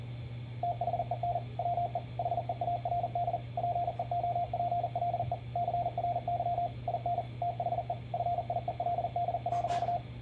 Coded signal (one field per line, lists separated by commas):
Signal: Morse code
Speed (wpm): 42 wpm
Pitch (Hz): 700 Hz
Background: radio noise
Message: THEN WE HEARD PEOPLE CRY IN THE FIELD.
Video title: Morse code practice with Daisy